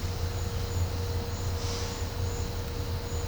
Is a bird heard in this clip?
no